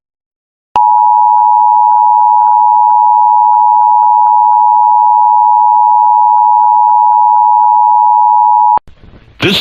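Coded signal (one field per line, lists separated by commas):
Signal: Emergency Alert System (SAME) tones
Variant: 853 and 960 Hz attention tone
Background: speech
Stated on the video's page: Required Monthly Test in San Francisco.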